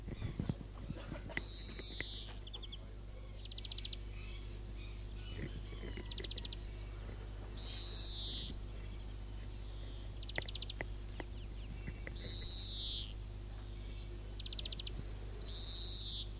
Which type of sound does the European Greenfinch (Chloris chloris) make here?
song